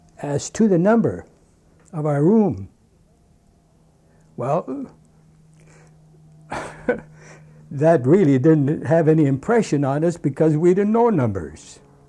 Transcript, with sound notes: to the number of our room. Well,, (he laughs) that really didn't have any impression on us because we didn't know numbers.